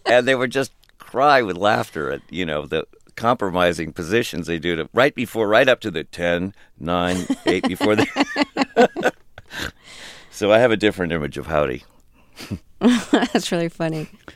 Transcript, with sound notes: They would just cry with laughter at, you know, the compromising positions they'd do right before - right up to the 10, nine, eight - before the... (Soundbite of laughter) So I have a different image of Howdy.
That's really funny.